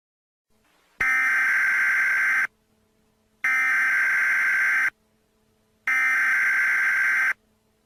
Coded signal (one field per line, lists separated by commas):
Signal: Emergency Alert System (SAME) tones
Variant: header bursts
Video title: EAS Severe Thunderstorm Watch